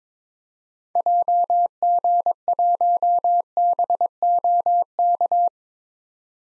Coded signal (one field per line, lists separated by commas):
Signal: Morse code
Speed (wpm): 22 wpm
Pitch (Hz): 700 Hz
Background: none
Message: JG1BOK